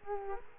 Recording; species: mosquito wingbeat signal from an infrared sensor; Culex quinquefasciatus